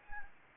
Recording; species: mosquito wingbeat signal from an infrared sensor; Anopheles gambiae